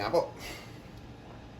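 A pot lid is handled onto a cooking pot while someone talks briefly near the start, followed by a low, steady background. Nothing has seated or clicked yet.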